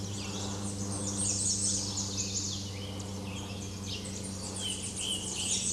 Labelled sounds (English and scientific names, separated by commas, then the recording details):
Tennessee Warbler (Leiothlypis peregrina) song
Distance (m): 35 m
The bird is about 15 m above the microphone
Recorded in a Pennsylvania forest on 16 May 2024 at 08:06
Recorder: AudioMoth, point MSD-2112
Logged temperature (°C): 16.3 °C
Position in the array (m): 55 m, 188 m